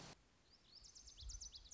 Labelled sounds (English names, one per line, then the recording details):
Lazuli Bunting
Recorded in Sonoma County, California